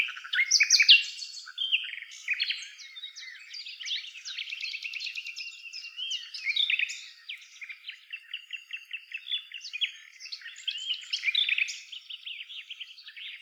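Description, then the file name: Common nightingale song, a dense stream of rapid clicks, trills and whistled notes. "Luscinia megarhynchos"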